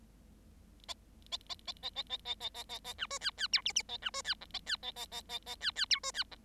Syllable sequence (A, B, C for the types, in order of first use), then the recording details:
A A A A A A A A A A A B C D D E F F A B C D G A D A A A A A D D E C D G. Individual Bird7